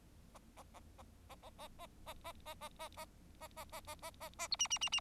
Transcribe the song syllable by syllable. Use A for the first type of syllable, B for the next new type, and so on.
A A A A A A A A A A A A A A A A A A A A A B C C C C